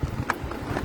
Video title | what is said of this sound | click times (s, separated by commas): container items 03.04.2022 | ये lock हो गया और आपका स्टूल तैयार हो गया। | 0.3 s